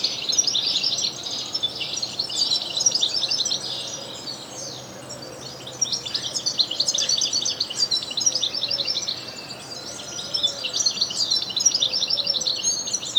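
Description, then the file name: European goldfinch twittering: a busy stream of bright, liquid twitters and buzzy trills, easing briefly around five seconds before resuming. "Carduelis carduelis"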